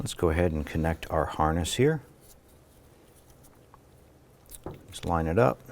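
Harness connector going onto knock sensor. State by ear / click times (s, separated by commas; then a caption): not seated / none. Someone talks while a plastic wiring harness connector is brought to the knock sensor on a 2001-2007 Ford Escape engine and lined up before being pressed in. During a quiet pause, a few faint, brief handling ticks are heard around 3.7 s and 4.6 s. The connector has not seated or clicked yet.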